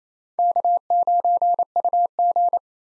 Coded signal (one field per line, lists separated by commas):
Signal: Morse code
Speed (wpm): 28 wpm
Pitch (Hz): 700 Hz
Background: none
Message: K9UG